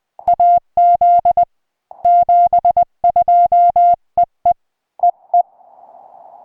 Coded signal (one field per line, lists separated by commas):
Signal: Morse code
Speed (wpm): 20 wpm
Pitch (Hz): 700 Hz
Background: music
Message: AZ 72 EE EE